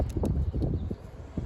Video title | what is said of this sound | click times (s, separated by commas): Reviews: Bikes & Stuff! The BMW Navigator 6 | Didn't hear a positive click, so I'm just going to release it and | none